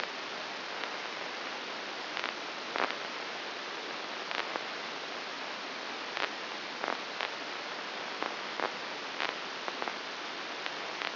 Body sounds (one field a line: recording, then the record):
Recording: brain microelectrode recording played as sound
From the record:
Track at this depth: inside the subthalamic nucleus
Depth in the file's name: 4.701 mm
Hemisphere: left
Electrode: 2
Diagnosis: Parkinson's disease